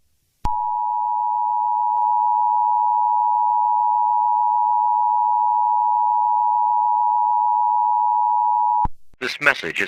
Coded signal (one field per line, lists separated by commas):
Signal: Emergency Alert System (SAME) tones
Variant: 853 and 960 Hz attention tone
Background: speech